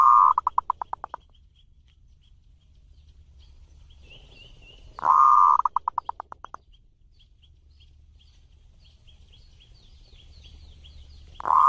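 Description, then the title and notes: Zebra dove song phrases, each a sustained coo trailing into quick pulsed notes, repeated about every five seconds, with faint high chirps between. Compilation of zebra dove song intended for training (mastering) other birds. "Kupulan Burung Perkutut Pm3. burung perkutut yang bisa digunakan untuk memaster"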